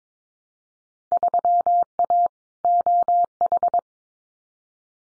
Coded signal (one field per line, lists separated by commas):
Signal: Morse code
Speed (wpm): 22 wpm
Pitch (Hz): 700 Hz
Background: none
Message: 3A OH